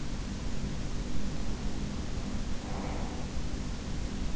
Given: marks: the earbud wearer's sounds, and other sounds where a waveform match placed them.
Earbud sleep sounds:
sounds in sleep by an in-ear microphone; breath
1.91-4.23 s: breath

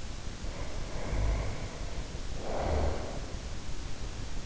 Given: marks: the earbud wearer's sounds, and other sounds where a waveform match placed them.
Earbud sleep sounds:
sounds in sleep by an in-ear microphone; snoring breath
0.35-3.51 s: snoring breath

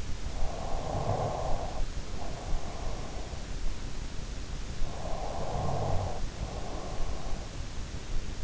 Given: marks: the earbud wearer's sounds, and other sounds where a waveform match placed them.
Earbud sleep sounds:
sounds in sleep by an in-ear microphone; snoring breath
0.00-2.93 s: snoring breath
4.53-7.42 s: snoring breath

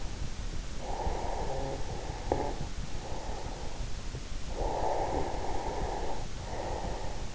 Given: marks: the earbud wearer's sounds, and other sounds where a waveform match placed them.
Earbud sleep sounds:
sounds in sleep by an in-ear microphone; snoring breath, breath
0.73-3.85 s: snoring breath
4.50-7.35 s: breath

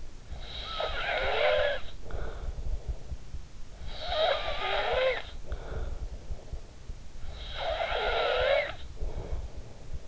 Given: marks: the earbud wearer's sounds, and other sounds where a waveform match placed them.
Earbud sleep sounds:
sounds in sleep by an in-ear microphone; snoring breath
0.26-3.60 s: snoring breath
3.71-6.52 s: snoring breath
6.89-10.08 s: snoring breath

